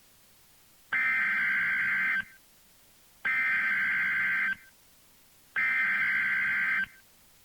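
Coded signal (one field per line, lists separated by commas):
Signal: Emergency Alert System (SAME) tones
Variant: header bursts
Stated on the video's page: Blizzard warning broadcast on NOAA Weather Radio station, issued by the Amarillo, Texas forecast office.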